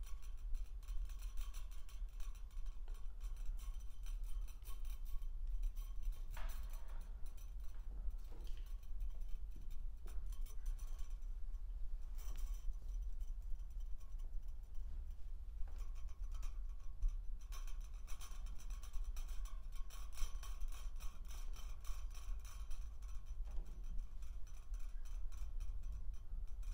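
A metal toy is handled and played with, giving dense, irregular clicking and tapping over a steady low rumble, with brief rattling bursts throughout.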